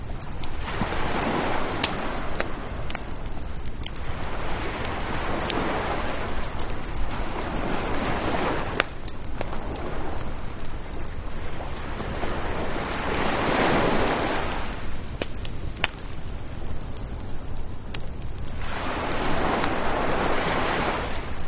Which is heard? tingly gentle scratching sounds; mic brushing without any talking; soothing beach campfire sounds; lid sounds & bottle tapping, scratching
soothing beach campfire sounds